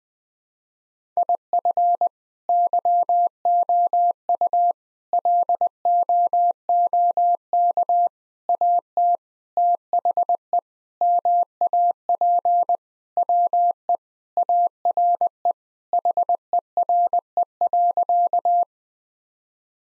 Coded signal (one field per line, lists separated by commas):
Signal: Morse code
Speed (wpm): 20 wpm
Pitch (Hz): 700 Hz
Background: none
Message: IF YOU LOOK AT THE MAP WE ARE HERE.